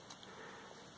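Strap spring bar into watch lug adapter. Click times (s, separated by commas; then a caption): 0.1 s, 0.2 s. On a Casio Baby-G BA-111 watch, the spring bar tip of a 20 mm NATO strap is tucked under with a thumbnail and pushed into the plastic strap adapter. Two short clicks are heard at 0.1 s and 0.2 s over a steady background hiss. The spring bar locks into place in the adapter.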